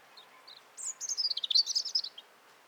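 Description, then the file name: European robin song: a single thin, high phrase of tinkling notes and quick descending trills, sparkling and varied, lasting just over a second. "Erithacus rubecula"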